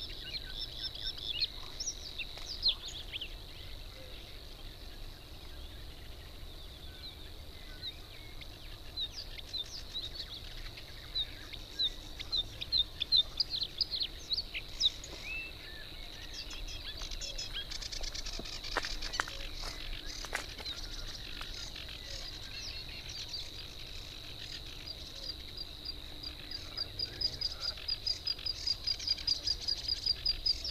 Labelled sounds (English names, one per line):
Bluethroat song